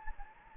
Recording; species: mosquito wingbeat signal from an infrared sensor; Anopheles gambiae